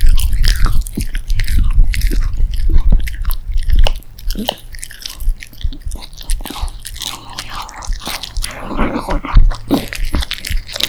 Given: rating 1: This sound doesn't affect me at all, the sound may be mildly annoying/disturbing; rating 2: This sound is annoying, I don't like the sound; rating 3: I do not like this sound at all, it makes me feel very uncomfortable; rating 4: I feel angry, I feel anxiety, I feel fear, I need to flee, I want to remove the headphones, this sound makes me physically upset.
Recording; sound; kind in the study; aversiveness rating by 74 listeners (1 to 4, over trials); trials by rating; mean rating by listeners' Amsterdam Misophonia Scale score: sound for misophonia research; dog eating; misophonia trigger; mean 2.84, standard deviation 0.99; 33 rated 1, 70 rated 2, 101 rated 3, 90 rated 4; 2.24 (sub-clinical, 0 to 4), 2.87 (mild, 5 to 9), 3.27 (moderate, 10 to 14), 3.54 (severe or extreme, 15 or more)